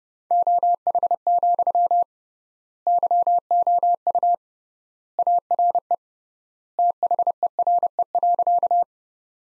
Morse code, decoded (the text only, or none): OH, YOU ARE THERE.